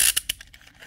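ASP Sentry handcuffs, which are larger than standard, are pushed into a molded ASP Sentry belt handcuff case made specifically for them. A metallic rattle is followed by sharp hits at 0.2 s and 0.3 s and fainter ticks at 0.4 s and 0.5 s. The case's retention snaps the cuffs into place at 0.3 s, seating them securely.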